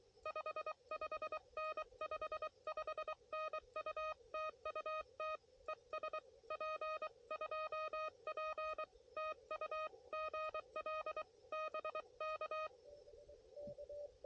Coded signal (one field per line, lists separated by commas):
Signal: Morse code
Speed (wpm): 23 wpm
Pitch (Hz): 1250 Hz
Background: none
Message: 55N 55N UT UT ES P2P TU GL BK